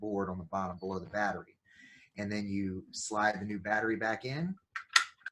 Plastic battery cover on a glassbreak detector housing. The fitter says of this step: you just push the lid closed and make sure it snaps into place